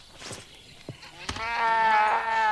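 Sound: sheep bleating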